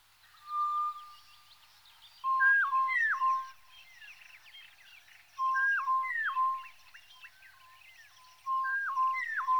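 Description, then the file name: Tropical boubou whistles in stepped phrases, a low note jumping up and back down, repeated about every three seconds over faint chattering. "gonolec ventre blanc"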